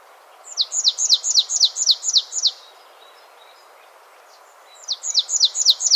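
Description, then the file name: Marsh tit calling: a long string of high, sharply dropping notes, silence, then the series begins again. "Poecile palustris"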